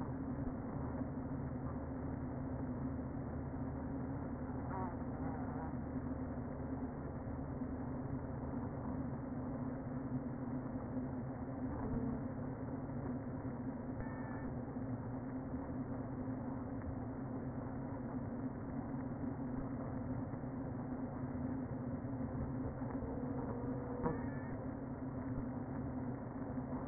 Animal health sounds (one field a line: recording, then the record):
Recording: honeybee colony, microphone inside the hive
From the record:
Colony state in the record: queen present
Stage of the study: before two queens were removed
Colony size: about 60,000 bees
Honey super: yes